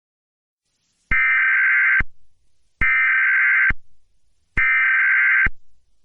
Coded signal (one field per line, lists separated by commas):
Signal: Emergency Alert System (SAME) tones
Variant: header bursts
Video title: EAS Scenario | DONT LOOK AT THE SKY |